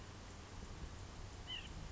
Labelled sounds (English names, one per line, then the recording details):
White-breasted Nuthatch
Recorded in Sonoma County, California